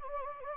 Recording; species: mosquito wingbeat signal from an infrared sensor; Anopheles gambiae